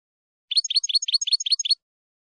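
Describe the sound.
Finch song: a quick, even string of about six high, bright double chirps, tightly repeated over a little more than a second, with no other sounds.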